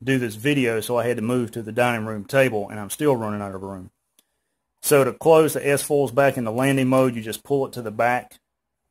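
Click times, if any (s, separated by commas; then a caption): none. Someone talks while pulling the plastic S-foil wings of a toy Star Wars Rogue One U-Wing starfighter to the back, closing them toward their locking position on the body for landing mode. A faint tick is heard during a brief pause around 4.2 s. Nothing has seated or clicked into place yet.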